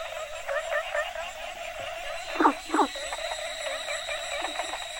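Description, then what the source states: Frogs croaking over a dense background chorus, with two loud calls standing out midway. Mixed variety of Asian frog species calling together.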